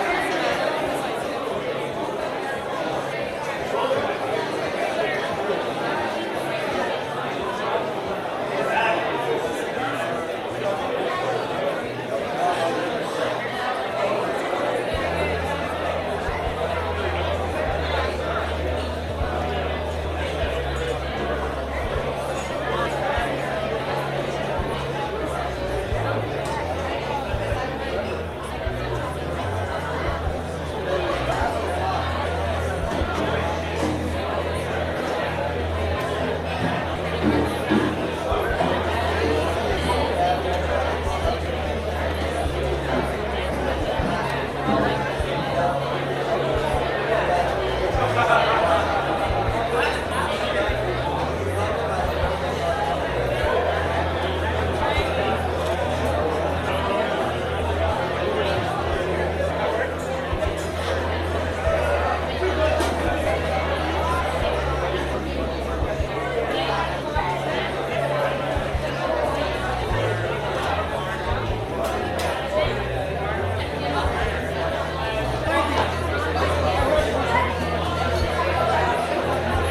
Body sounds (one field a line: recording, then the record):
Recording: background sound without coughing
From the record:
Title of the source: CITY SOUNDS Busy Bar in the Evening Night - 2 HOURS of Ambiance for Relaxation